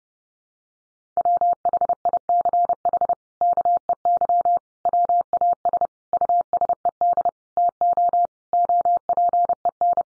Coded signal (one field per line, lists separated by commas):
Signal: Morse code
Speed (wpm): 30 wpm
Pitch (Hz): 700 Hz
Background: none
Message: WHICH KEY WAS USED TO OPEN